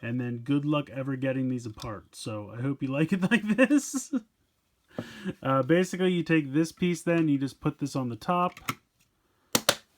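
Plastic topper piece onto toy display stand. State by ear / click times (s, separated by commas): seated / 9.5 s, 9.7 s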